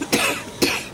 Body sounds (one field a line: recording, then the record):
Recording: coughing mixed with background sound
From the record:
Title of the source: 64 coughing, allergies, singing lungs